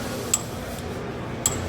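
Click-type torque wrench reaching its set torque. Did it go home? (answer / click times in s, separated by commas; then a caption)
yes / 0.3 s, 1.5 s. A click-type torque wrench from Icon / Harbor Freight, turned down to a lower demo setting, is pulled until it breaks over at its set torque. Two sharp, bright clicks ring out at 0.3 s and 1.5 s over a steady low background hum. The wrench reaches its torque setting and clicks audibly both times.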